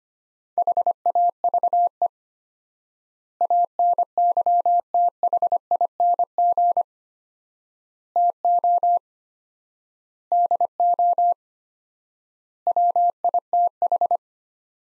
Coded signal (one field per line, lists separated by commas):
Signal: Morse code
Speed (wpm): 25 wpm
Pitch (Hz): 700 Hz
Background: none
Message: HAVE ANYTHING TO DO WITH